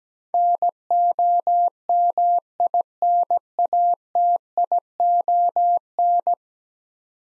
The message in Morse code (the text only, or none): NOMINATION